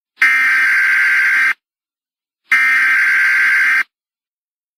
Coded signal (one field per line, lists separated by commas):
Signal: Emergency Alert System (SAME) tones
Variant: header bursts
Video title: EAS Scenario: The Fall of A Dictatorship | Part 3